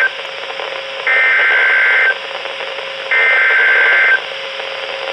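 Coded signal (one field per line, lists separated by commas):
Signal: Emergency Alert System (SAME) tones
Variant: header bursts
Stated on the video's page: Severe Thunderstorm Warning received from a NOAA Weather Radio station.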